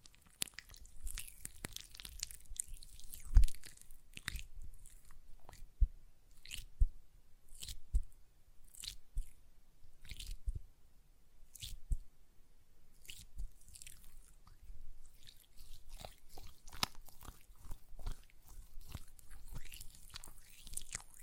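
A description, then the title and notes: Hands rub and squish gel lotion in irregular wet clicks and smacks, bursts clustering around three seconds and again past fifteen seconds. ASMR Gel Lotion Hand Sounds (No Talking).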